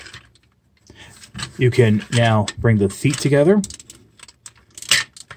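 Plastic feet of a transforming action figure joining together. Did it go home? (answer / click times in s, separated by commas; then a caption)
yes / 4.9 s. Someone talks while bringing together the two plastic feet of a Transformers Cyberverse Battle Call Officer Class Optimus Prime figure during a transformation. A few light clicks and handling noises follow. The feet snap into place with a sharp click at 4.9 seconds.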